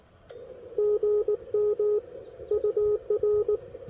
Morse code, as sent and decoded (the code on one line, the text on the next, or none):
--. -- / ..- .-.
GM UR